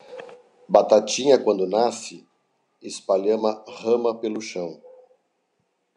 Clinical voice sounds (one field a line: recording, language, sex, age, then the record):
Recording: short text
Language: Brazilian Portuguese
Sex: male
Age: 50 to 59 years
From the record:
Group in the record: control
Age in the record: 53 years